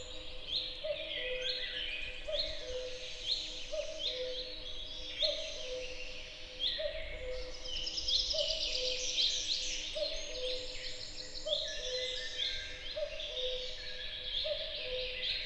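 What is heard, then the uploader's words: An early summer deciduous forest fills with a dense, overlapping chorus of bright birdsong that continues throughout. Beneath it, a low two-note call repeats steadily about once a second, over a soft, constant rumble. Summer Forest Soundscape. A soundscape of an early summer deciduous forest.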